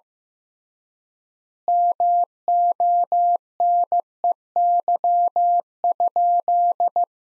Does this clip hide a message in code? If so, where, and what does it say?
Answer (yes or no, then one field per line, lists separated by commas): yes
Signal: Morse code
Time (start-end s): 1.7-7.0 s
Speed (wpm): 15 wpm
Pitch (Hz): 700 Hz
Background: none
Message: MONEY?